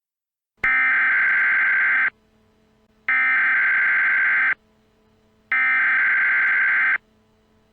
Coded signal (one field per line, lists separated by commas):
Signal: Emergency Alert System (SAME) tones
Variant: header bursts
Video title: The Pulsar End. EAS Scenario.